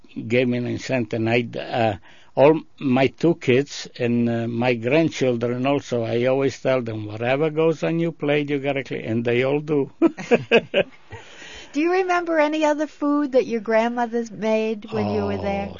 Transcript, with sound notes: gave me an incent, and I, all, my two kids and my grandchildren, and also I always tell them, "Whatever goes on your plate, you gotta clean." And they all do. (they laugh)
Do you remember any other any food that your grandmother made when you were there?